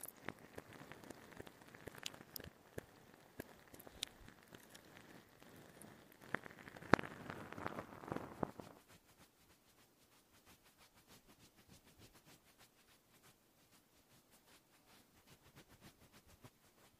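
Reversed mouth sounds, glove rubbing and fidget toy noises play as a dense patter of soft crackles and taps, busy and textured for the first nine seconds with a sharp snap near seven seconds. After that it drops to quieter, sparser ticking and light clicks.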